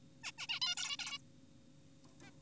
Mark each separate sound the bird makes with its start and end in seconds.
0.24-0.32, 0.38-0.47, 0.49-0.60, 0.62-0.75, 0.77-0.97, 0.99-1.18, 2.21-2.31